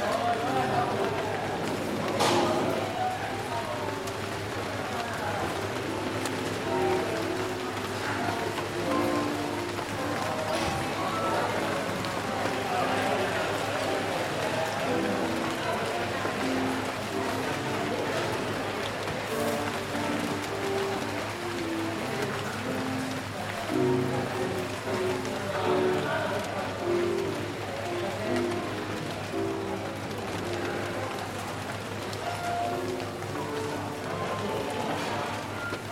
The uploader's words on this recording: Rainy Day Coffee Shop. Cozy up in the coffee shop with this mix of friendly chatter, tinkering cups, pattering rain, and soft piano.